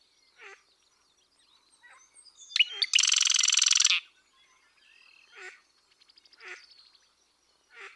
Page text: SK West-genes-West-songs. The songs and genes of Marsh Wrens tell of two species in North America - American Ornithological Society